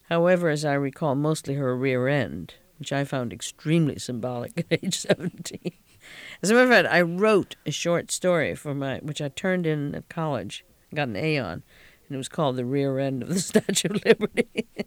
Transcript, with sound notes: However, as I recall, mostly her rear end, which I found extremely symbolic at age seventeen. ( she laughs ) As a matter of fact, I wrote a short story for my, which I turned in at college and got an A on, and it was called The Rear End of the Statue of Liberty.